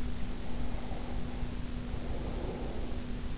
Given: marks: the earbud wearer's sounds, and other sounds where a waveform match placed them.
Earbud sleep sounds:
sounds in sleep by an in-ear microphone; breath
0.11-3.16 s: breath

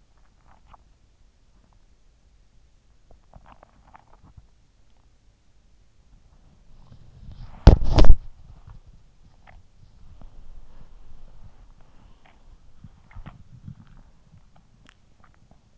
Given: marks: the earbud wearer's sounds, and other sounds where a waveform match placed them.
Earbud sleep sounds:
sounds in sleep by an in-ear microphone; swallowing, body movement
0.00-4.68 s: swallowing
6.17-15.77 s: body movement

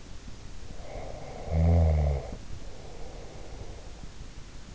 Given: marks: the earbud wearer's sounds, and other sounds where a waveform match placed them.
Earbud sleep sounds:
sounds in sleep by an in-ear microphone; snoring breath
0.79-3.99 s: snoring breath

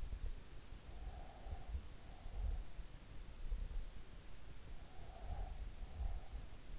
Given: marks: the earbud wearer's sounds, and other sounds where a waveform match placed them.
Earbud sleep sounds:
sounds in sleep by an in-ear microphone; breath
0.52-2.30 s: breath
4.86-6.76 s: breath

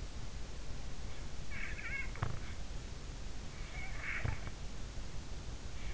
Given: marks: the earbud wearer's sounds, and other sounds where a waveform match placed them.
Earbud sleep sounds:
sounds in sleep by an in-ear microphone; snoring breath
1.53-2.60 s: snoring breath
3.65-4.55 s: snoring breath

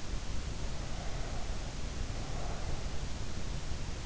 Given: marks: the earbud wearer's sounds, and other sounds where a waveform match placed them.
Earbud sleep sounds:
sounds in sleep by an in-ear microphone; breath
0.18-3.37 s: breath

